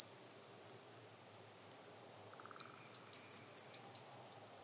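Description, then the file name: Eurasian blue tit: the end of a tinkling trill, a quiet pause with a soft low buzzy note, then two high notes and a descending trill, repeated once. "Cyanistes caeruleus"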